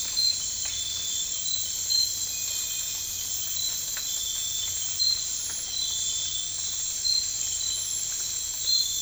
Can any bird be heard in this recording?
no